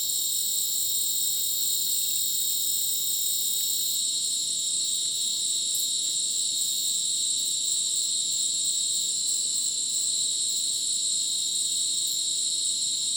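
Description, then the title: Crickets sing together in an unbroken high shrill drone, stacked trills holding steady for the whole stretch. Rainforest at Madidi National Park, Ucumari, Bolivia, after sunset; very dense insect chorus likened to a polyrhythmic electronic concert; AT BP4029 microphone, MixPre 6 recorder. "Madidi National Park, Ucumari, Bolivia - Supersonic Crickets in the rainforest"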